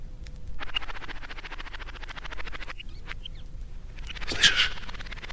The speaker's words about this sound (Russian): Птицы. Птицы кричат. Сороки-белобоки шебуршат. Значит, идет кто-то.